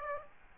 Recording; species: mosquito wingbeat signal from an infrared sensor; Aedes aegypti